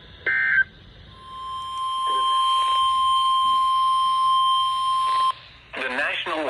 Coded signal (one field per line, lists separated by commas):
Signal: Emergency Alert System (SAME) tones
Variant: 1050 Hz attention tone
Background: speech